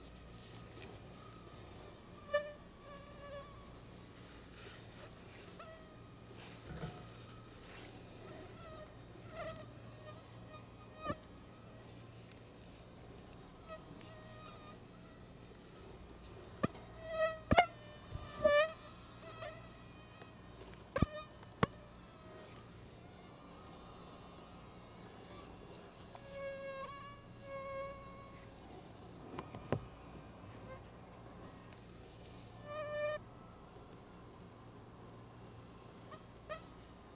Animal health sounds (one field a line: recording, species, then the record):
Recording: mosquito flight sound by mobile phone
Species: Aedes albopictus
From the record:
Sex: female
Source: CDC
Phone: Google Nexus